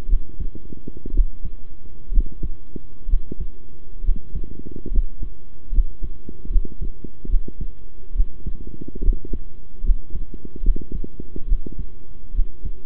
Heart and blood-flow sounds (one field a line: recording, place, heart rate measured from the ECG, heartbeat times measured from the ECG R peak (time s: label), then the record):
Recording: heart sounds by stethoscope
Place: between the tricuspid and mitral areas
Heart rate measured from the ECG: 69 bpm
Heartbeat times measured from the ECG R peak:
0.08 s: heartbeat
1.13 s: heartbeat
2.11 s: heartbeat
3.08 s: heartbeat
4.03 s: heartbeat
4.90 s: heartbeat
5.71 s: heartbeat
6.49 s: heartbeat
7.28 s: heartbeat
8.14 s: heartbeat
9.01 s: heartbeat
9.83 s: heartbeat
10.62 s: heartbeat
11.47 s: heartbeat
12.33 s: heartbeat
From the record:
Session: rest, sitting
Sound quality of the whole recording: good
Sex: male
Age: 23 years